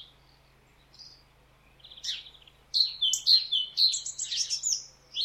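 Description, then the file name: Great tit giving repeated ringing two-note phrases, high then lower, in a quick series after a few scattered chirps, with faint background hiss. "Parus major"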